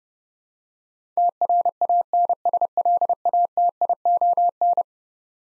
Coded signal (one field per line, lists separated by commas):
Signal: Morse code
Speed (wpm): 29 wpm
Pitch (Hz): 700 Hz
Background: none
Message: TRANSLATION